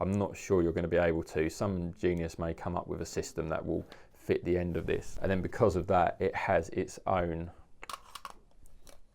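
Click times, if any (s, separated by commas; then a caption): 7.8 s. Someone talks while the dedicated locking front cap of a Sony FE 12-24mm f/4 ultra-wide zoom lens, which has a protruding front element, is fitted over the lens hood end. Several sharp plastic clicks follow after the talking stops, and the cap snaps and locks into place at 7.8 s.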